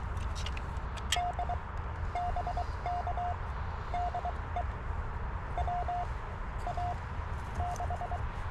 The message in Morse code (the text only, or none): D BK DE WA6